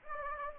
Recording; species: mosquito wingbeat signal from an infrared sensor; Anopheles gambiae